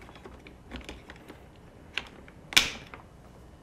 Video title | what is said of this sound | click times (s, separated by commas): Hasbro Pulse - G.I. Joe Classified Series H.I.S.S. HasLab - Unboxing | what's that snap oh that was that was nice that's the first time I've done that that felt really good I love snapping | 2.0 s